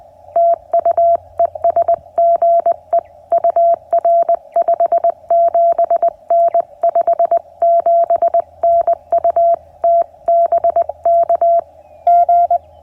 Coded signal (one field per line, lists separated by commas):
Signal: Morse code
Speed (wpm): 20 wpm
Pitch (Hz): 680 Hz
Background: none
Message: TU ES GE UR 57N 57N UT BK G